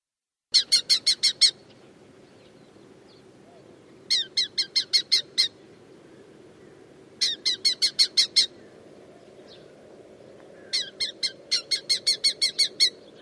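Bird calls: repeated bursts of fast, harsh chattering notes, several per second, each burst separated by a few seconds of quiet with a low steady background hum.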